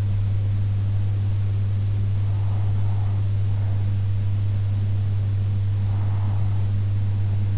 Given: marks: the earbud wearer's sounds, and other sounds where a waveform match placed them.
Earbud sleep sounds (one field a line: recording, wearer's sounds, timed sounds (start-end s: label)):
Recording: sounds in sleep by an in-ear microphone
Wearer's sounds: breath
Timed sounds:
1.59-3.59 s: breath
5.59-7.58 s: breath